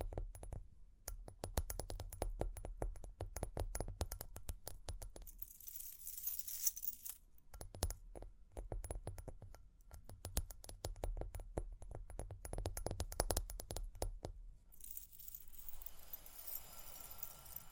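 Fast, irregular tapping and scratching fill most of the stretch, with dense clusters of sharp clicks over a steady low rumble. Bright jingling, metallic sounds rise around six to seven seconds and again after fifteen seconds, where the tapping thins into a softer hiss.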